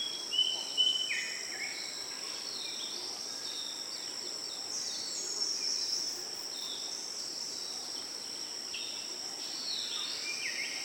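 Daintree Rainforest ambience with a steady, shrill drone of cicadas and insects running high and unbroken throughout. Short bright bird calls break in near the start and again toward the end, over a soft constant hiss.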